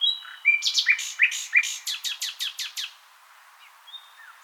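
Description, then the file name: Common nightingale song: a brief whistled note, then a loud run of rapid repeated chirps and sharp buzzy strokes, fading into quiet with faint thin whistles. "Luscinia megarhynchos"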